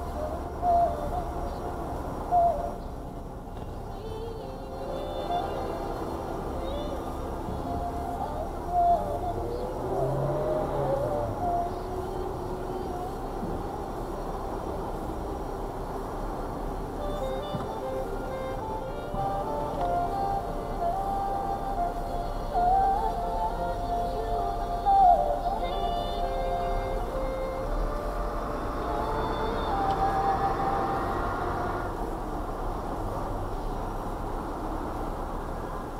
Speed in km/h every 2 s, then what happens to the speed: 0, 0, 0, 0, 0, 0, 0, 0, 2, 5, 3, 2, 3, 3, 3, 5, 3, 0.
0-16 standing. 16-21 steady at about 3. 21-23 standing. 23-36 steady at about 3.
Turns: none.